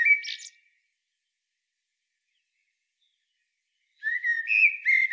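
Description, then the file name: Eurasian blackbird song: the end of a fluted phrase, about three seconds of silence, then a new warbling phrase of mellow whistles. "Turdus merula"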